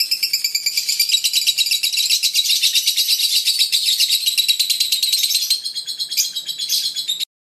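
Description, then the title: Oriental magpie-robin singing a rapid, buzzy chatter of high notes, loosening into a few separate notes before stopping abruptly. "Kicau Kacer"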